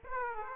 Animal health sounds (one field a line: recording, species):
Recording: mosquito wingbeat signal from an infrared sensor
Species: Aedes aegypti